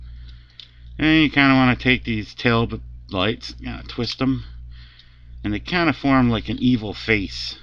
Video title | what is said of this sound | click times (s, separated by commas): Transformers DOTM Deluxe Class Jolt | and I hear another click noise noise as it clicks in | 0.6 s